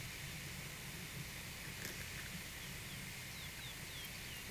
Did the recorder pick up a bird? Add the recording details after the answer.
no. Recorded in pastures near Puerto Asís, Putumayo, Colombia, on 22 June 2025 at 11:00. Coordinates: 0.486, -76.323. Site H29